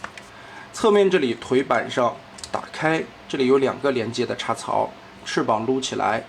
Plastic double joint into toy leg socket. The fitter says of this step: 把这里双关节插到底，咯哒一下锁住。